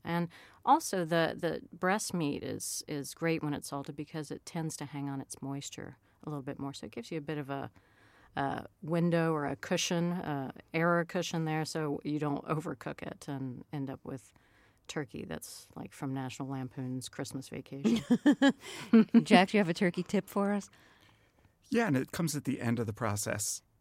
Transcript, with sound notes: And also, the breast meat is great when it's salted, because it tends to hang on to its moisture a little bit more.
So it gives you a bit of a window or a cushion, error cushion there, so you don't overcook it and end up with turkey that's like from National Lampoon's "Christmas Vacation."
(LAUGHTER)
Jack, do you have a turkey tip for us?
Yeah, and it comes at the end of the process.